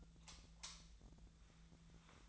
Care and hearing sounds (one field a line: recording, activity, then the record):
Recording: daily activity, microphone in the room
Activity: light off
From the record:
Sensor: 3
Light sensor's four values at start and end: 44/116/49/50 and 38/93/40/43